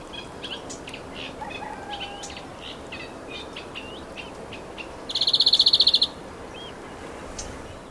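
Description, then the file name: European greenfinch giving one rapid rattling trill late, while soft scattered chirps and whistles sound in the background. "Chloris chloris"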